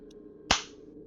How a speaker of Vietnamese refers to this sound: Một cái tát như trời giáng đập thẳng xuống mặt, làm cho thằng Quý bừng tỉnh dậy